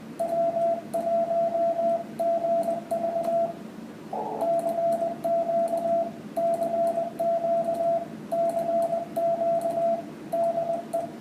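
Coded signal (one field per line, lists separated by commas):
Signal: Morse code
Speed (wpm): 22 wpm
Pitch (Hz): 670 Hz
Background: radio noise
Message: W1GV CQ CQ CQ DE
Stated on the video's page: Live band conditions check; bands from 20 to 10 meters open, a Brazil contact made on 12 meters with 10 watts.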